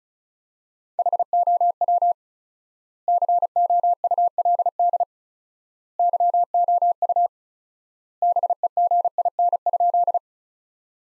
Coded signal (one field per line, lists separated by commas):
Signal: Morse code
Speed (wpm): 36 wpm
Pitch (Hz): 700 Hz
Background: none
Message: HOW COULD YOU BEGIN?